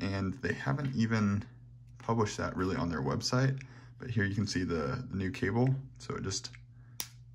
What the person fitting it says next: clicks right in super easily and then you can charge it